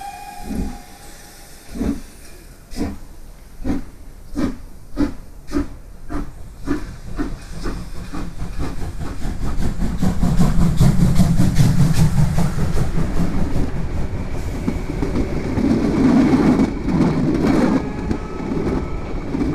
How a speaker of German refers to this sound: 9:10 nahmen Phileas Fogg und sein Diener Passepartout im Zugabteil erster Klasse Platz. All aboard the train to Dover. Mind the doors, please. Und um 9:15 setzte sich der Zug in Bewegung.